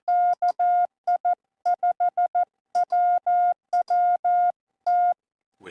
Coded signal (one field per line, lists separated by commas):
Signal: Morse code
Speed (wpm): 14 wpm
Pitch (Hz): 1420 Hz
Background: none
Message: KI5WWT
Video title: April 6 2025 Sunday PM POTA Hunt